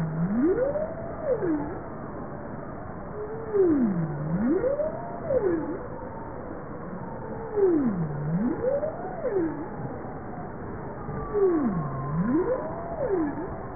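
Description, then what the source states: Bowhead whale calls: a series of low moans sweeping up and down in pitch, repeated roughly every four seconds over steady underwater hiss. Recorded 19 April 1988 at 03:04.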